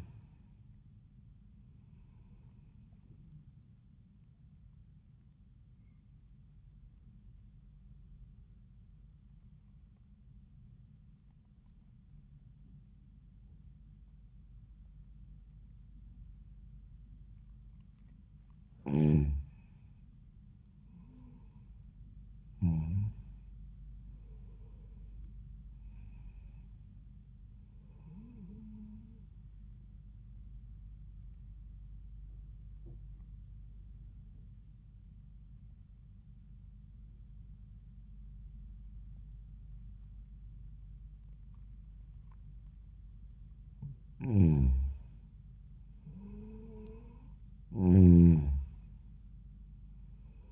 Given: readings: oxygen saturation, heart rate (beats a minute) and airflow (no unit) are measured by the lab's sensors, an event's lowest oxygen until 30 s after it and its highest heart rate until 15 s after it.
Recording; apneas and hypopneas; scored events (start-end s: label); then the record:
breathing in sleep by a smartphone at the bedside; 2
7.00-19.30 s: obstructive apnea (N1, oxygen 96% highest, then 89% lowest, heart rate 79 at the start, 85 highest)
33.00-44.10 s: obstructive apnea (N1, oxygen 95% highest, then 90% lowest, heart rate 78 at the start, 87 highest)
From the record:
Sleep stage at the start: N1 (lightest sleep); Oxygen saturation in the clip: 86 to 96%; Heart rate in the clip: 77 to 87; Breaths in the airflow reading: 6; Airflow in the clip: -5.4 to 7.2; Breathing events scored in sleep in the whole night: 400 in 8.7 hours asleep